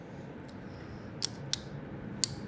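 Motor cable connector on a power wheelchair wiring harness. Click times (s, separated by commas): 2.2 s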